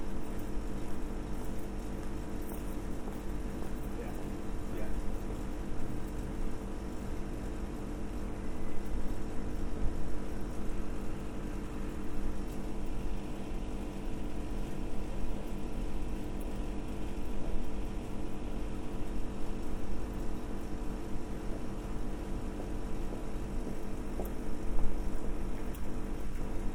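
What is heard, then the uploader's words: A noisy fan drones steadily in a narrow passageway, a dense, low, rumbling hum with a motor-like whine running through it. The level hardly changes for the whole stretch, with only a couple of faint clicks, one early on and one near the end. Noisy Fan At A Ginnel. Part of the Sound Map Of Harrogate.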